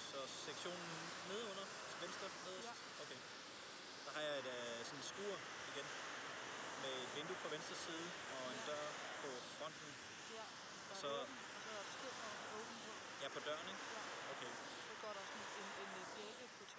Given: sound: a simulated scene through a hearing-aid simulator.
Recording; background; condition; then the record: conversation; traffic; 0 dB SNR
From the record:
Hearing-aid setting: II (fast-acting compression, audibility-based gain, advanced features for about 2.5 dB of SNR improvement); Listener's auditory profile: C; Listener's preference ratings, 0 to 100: 6, 15, 10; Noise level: 75 dB SPL